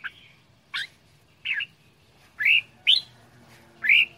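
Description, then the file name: Red-whiskered bulbul song, a handful of loud upslurred whistled chirps spaced irregularly, roughly a second apart. Quảng Ngãi, Vietnam; frantic 'chẻ dạo giọng' singing style. "tieng chao mao quang ngai che dao giong dien cuong"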